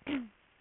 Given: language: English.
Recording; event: throat vibration sensor signal played as sound; throat clearing